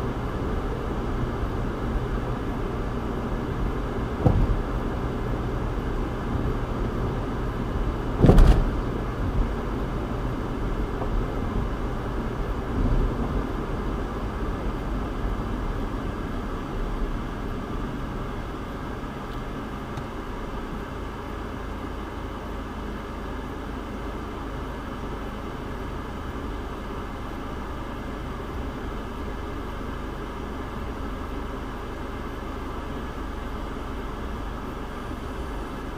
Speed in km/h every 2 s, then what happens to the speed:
76, 76, 76, 74, 74, 74, 74, 55, 27, 3, 0, 0, 0, 0, 0, 0, 0, 0.
0-12 steady at about 74. 12-19 brakes to 0. 19-36 standing.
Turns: none.